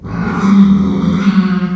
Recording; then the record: squeal of a Yucatan mini pig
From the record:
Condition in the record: after surgery on the right vocal fold (resection and tissue-engineered implant); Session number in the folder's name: 16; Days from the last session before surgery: 183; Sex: female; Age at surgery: 19 weeks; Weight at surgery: 25 kg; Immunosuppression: prednisolone